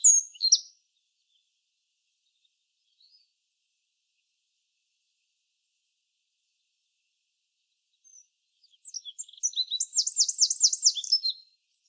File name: Troglodytes troglodytes